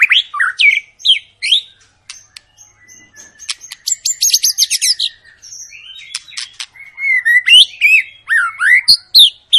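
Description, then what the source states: White-rumped shama song, loud and varied: rich whistled phrases, a thin high buzzy passage, then strong rising and falling whistles repeated in quick succession. Long lure song to make birds sing; 'gacor panjang' refers to long, continuous singing.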